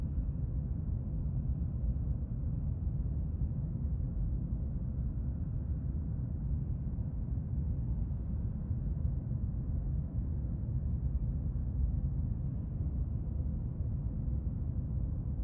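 Steady airplane cabin noise, a dense low roar that holds constant for the whole clip with no breaks or distinct events. The sound is heavy in the low end and dull, with almost nothing bright above it, and a faint steady hum sits within the rumble.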